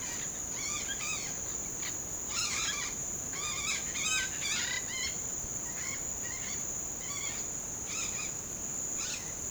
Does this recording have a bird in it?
yes